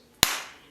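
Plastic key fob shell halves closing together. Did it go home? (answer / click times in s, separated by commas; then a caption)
yes / 0.2 s. The two plastic halves of a key fob shell are squeezed together and snap closed with one sharp click at 0.2 s, followed by a short fading ring. The shell is seated and shut.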